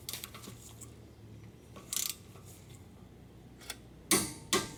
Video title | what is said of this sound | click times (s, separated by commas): Subaru Forester: Front Brakes Replacement / How to Replace Front Brake Pads & Rotor! | so right there I hope you heard the torque wrench click | 4.1 s, 4.5 s